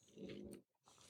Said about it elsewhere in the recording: Chunky is in full snore mode. So if you hear that, that is totally Chunky under my feet.